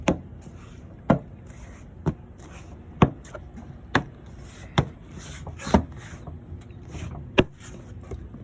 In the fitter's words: you hear all that clicking noise